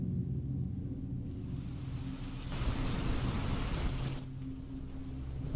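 heavy rain with thunder

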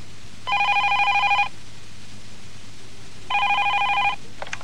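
telephone ringing

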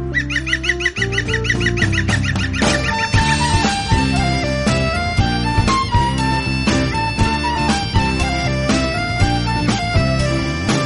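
bird calling

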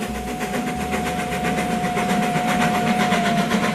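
train passing on rails

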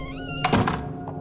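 door being closed

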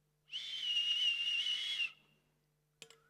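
whistle blowing

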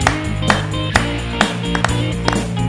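group clapping hands

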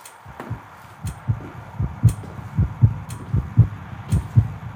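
heartbeat

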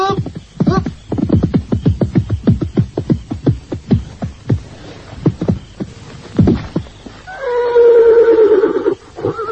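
horse hoofbeats approaching

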